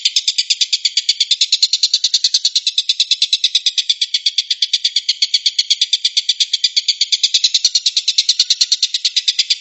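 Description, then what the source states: Stork-billed kingfisher chattering in a rapid, rasping series of even pulses that continue unchanged throughout. Tengkek buto giving the "tembakan" (shooting) call style.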